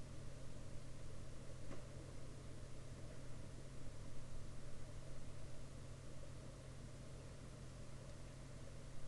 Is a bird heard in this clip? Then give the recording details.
no. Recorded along the Dempster Highway, Canada, on 5 April 2019 at 02:08. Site 13